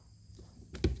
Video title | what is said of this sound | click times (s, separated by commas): Kubota Tractor Fuel Tank - Adjusting The Float Assembly - How | Hear that little snap? | 0.8 s